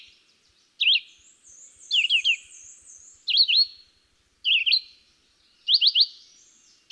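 Red-eyed Vireo song of quick zigzag whistled phrases, two or three notes each, spaced about a second apart, over a faint high warbling from another bird.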